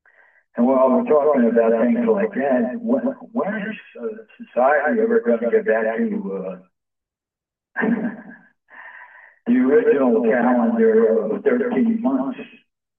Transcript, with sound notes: And while we're talking about things like that wh- when is, uh, society ever going to get back to, uh, (laughs) the original calendar of 13 months